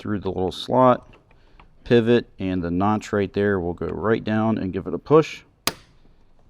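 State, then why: Seated. Someone talks while a plastic harness connector is pushed into the door panel switch of a 2003–2009 Toyota 4Runner during a Kicker 6 speaker plug-and-play upgrade install. A sharp, loud snap at 5.7 s marks the connector seating in place, followed by quiet.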